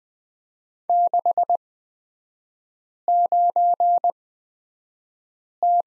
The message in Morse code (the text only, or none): 69T